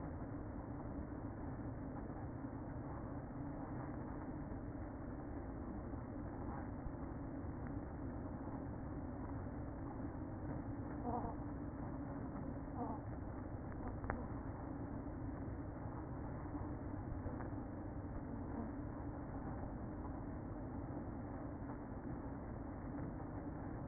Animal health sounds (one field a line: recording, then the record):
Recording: honeybee colony, microphone inside the hive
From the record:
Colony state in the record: queen present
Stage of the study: after two queens were removed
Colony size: about 60,000 bees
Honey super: yes